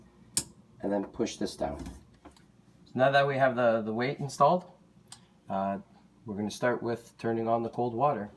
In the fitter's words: should easily slide in and hear that click and then